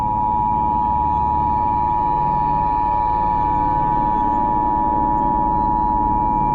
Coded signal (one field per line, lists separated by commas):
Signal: Emergency Alert System (SAME) tones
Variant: 853 and 960 Hz attention tone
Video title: EAS Scenarios - January